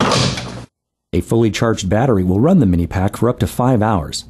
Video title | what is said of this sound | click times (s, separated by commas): RIDGID MINIPak Monitor | to install the battery slide it into the dock until it clicks into position | 0.0 s